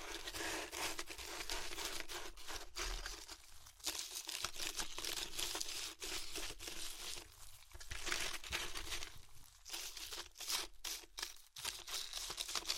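Crunchy chips are crushed and chewed in a dense, crackling stream that runs the whole time with no real pauses. The crinkly noise is bright and busy, swelling and easing in waves, with brief dips and a few sharper crunches poking out around the middle and near the end.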